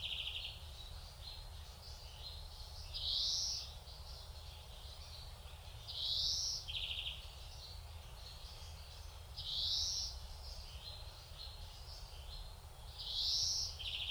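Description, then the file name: European greenfinch giving rasping wheezes about every three to four seconds, short buzzy notes in between, against a constant low background rumble. "Chloris chloris"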